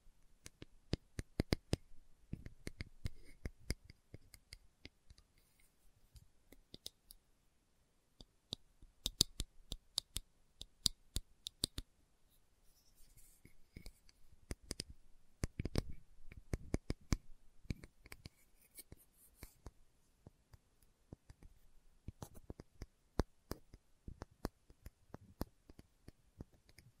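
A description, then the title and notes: Slow ASMR tapping: sharp, dry taps land in loose clusters, sometimes a few in quick succession, then pause. The rhythm is irregular, with short gaps near the middle and a few louder taps around 9 and 16 seconds, over a quiet background. ASMR Slow Tapping for Deep Sleep (No Talking).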